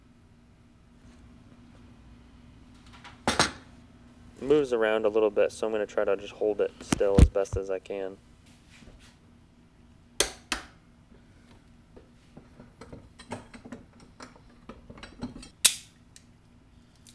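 During a 4G63 balance shaft delete, ahead of the oil pump work, a small metal part is held steady while being fitted in the balance shaft and oil pump assembly of the engine block as someone talks. Short sharp metallic knocks are heard around 3.3, 10.2, 10.5 and 15.7 seconds. Nothing has seated or clicked into place yet.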